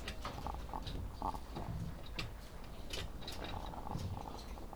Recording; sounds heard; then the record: poultry house recording; sick chickens (respiratory disease)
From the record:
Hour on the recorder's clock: 10